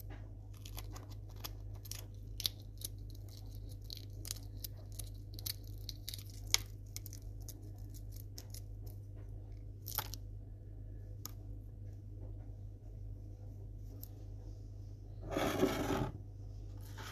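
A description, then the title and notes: Sandwiches are being made over a steady low hum. Sharp crackles and crisp snaps come quickly for the first ten seconds, then thin out, until a dense, rough tearing crunch rises near the end around sixteen seconds. Making crunchy sandwiches and eating them.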